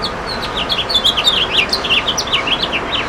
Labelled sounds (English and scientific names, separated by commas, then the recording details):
House Finch (Haemorhous mexicanus) song
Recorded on Long Island, New York, on 23 June 2012
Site JA
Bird A